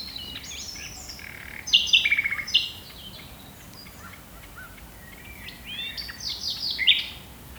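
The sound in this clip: Common nightingale song featuring a rapid rattling trill, then pauses and further bright whistled and chattering phrases.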